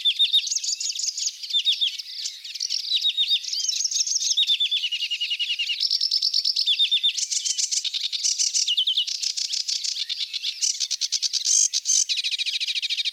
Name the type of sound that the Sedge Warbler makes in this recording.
song